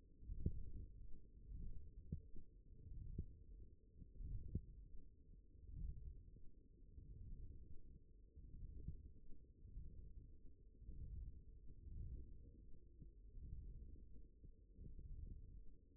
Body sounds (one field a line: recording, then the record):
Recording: forearm muscle sounds (acoustic myography)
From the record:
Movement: ulnar deviation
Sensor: system 1, eight BSWA MPA416 microphones around the upper forearm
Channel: 7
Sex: male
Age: 42 years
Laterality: right